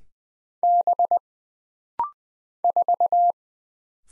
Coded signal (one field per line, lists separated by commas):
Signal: Morse code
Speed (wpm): 20 wpm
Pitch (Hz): 700 Hz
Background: none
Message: B 4